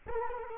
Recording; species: mosquito wingbeat signal from an infrared sensor; Culex quinquefasciatus